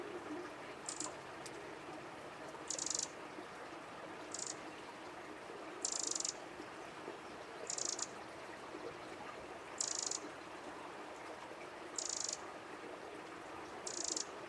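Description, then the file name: Eurasian wren uttering short high buzzy rattles at intervals of about two seconds, eight bursts, over a constant low background rush. "Troglodytes troglodytes"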